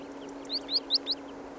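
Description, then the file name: Great tit calling: four short, high, upward-slurred notes in quick succession over a low steady hum. "Parus major"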